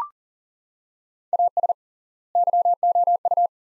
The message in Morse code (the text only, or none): AS YOU